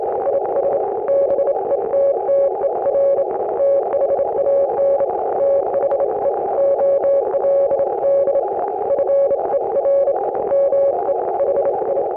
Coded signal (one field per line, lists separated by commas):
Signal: Morse code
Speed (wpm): 27 wpm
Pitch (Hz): 560 Hz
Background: none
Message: IS BETTER THAN THE OLD FER ME HI